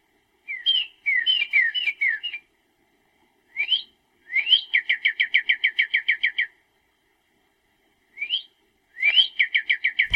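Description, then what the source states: Songbird repeating quick, rhythmic trills of bright, high notes, introduced by brief upward chirps, in several phrases separated by silences. Bird singing in the early morning.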